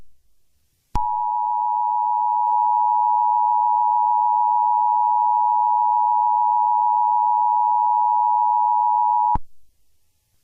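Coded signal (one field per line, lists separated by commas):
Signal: Emergency Alert System (SAME) tones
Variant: 853 and 960 Hz attention tone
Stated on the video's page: Fictional EAS scenario.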